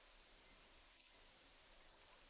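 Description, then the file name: Eurasian blue tit: one very high, thin note slides straight into a fast, slightly buzzy trill that falls in pitch, lasting over a second, against a quiet background. "Cyanistes caeruleus"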